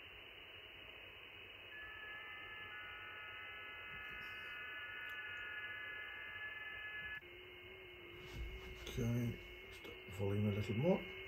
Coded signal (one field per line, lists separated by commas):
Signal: FT8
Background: speech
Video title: 2E0ERO Magnetic Loop Weatherproof FT8 Tuning Test After 4 Weeks Outdoors